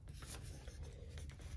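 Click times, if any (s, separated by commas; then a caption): none. A ground wire's crimped metal pin is moved toward position A of a 14-pin machine connector housing before being fed in and pushed home. Soft rubbing and handling noises are heard, with brief louder touches near 0.1, 1.2 and 1.3 seconds. Nothing has seated or clicked yet.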